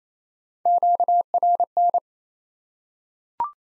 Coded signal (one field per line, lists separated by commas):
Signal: Morse code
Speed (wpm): 28 wpm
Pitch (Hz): 700 Hz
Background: none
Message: QRN